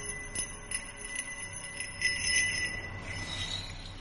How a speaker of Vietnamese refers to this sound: Đi được một đoạn, bỗng nhiên nó nghe có tiếng chuông cứ leng ca leng keng, giống như là có ai đang cúng bái cái gì đó vang lên.